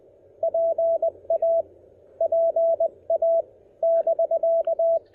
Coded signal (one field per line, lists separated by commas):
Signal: Morse code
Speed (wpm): 20 wpm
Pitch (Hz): 660 Hz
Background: none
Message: PA PA <BK>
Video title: Field Report: Giving the Elecraft KX1 a thorough post-operation POTA test!